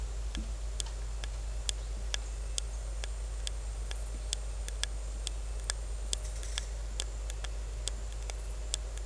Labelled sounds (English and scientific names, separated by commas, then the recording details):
none
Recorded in secondary vegetation near Puerto Asís, Putumayo, Colombia, on 16 December 2024 at 12:00
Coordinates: 0.468, -76.324
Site G095